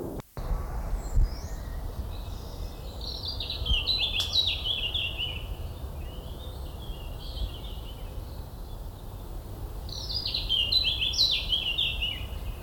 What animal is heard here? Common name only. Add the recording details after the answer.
Eurasian Blackcap. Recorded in the wild. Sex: male. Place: Schloßpark Niederschönhausen, Berlin, DE. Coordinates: 52.53, 13.41. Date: 1995-05-25 19:00. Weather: heiter, 23°C. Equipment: Marantz CP 430, Sennheiser ME 80, Kopie Uher 4000 Report Monitor. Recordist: Tembrock, Günter. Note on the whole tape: Gesang